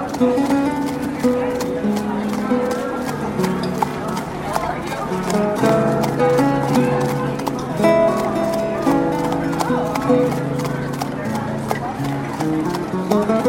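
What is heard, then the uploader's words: A lute plays a steady, gentle melody with plucked notes moving through the middle and low range, running the whole time without a break. Voices chatter underneath, and frequent short taps and knocks, likely hooves, sound throughout. Renaissance Village Ambience | Lute Music and Market Sounds. A lute player strums soothing melodies, people chatter, and horses trot by on a relaxing afternoon at the village market.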